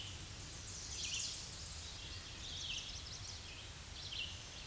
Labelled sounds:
Red-eyed Vireo (Vireo olivaceus) song
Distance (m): 30 m
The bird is about 10 m above the microphone
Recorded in a Pennsylvania forest on 16 May 2024 at 07:59
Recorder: AudioMoth, point MSD-2376
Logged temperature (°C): 16.7 °C
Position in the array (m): 149 m, 29 m

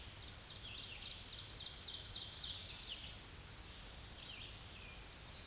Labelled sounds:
Ovenbird (Seiurus aurocapilla) song
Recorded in a Pennsylvania forest on 16 May 2024 at 07:33
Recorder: AudioMoth, point MSD-2083
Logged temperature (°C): 16.7 °C
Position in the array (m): 169 m, -26 m

